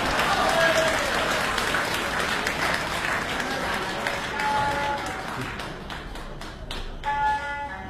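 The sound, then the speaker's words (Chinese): Sustained audience applause at a Beijing traditional opera and folk performance show in 2018, a dense wash of many hands clapping at steady loudness, thinning out toward the end with a few scattered claps and faint voices and whistles underneath. “谢谢大家掌声。”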